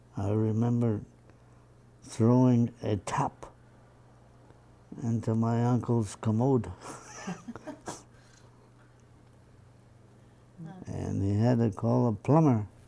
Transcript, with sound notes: I remember throwing a top into my uncle's commode. [Laughs]
Huh.
And he had to call a plumber.